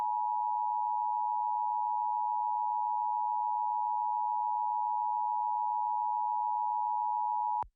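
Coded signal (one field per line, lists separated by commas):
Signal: Emergency Alert System (SAME) tones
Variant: 853 and 960 Hz attention tone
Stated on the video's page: Fictional EAS scenario about an alien invasion.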